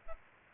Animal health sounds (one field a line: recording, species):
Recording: mosquito wingbeat signal from an infrared sensor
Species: Aedes aegypti